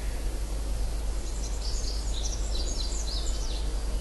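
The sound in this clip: Tree pipit song: a run of high, thin slurred and falling notes repeated quickly through the middle, partly buried under loud, constant low rumbling noise.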